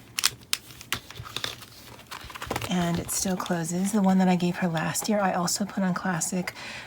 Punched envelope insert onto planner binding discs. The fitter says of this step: then it just snaps right in and